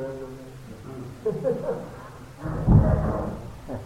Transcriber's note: laughter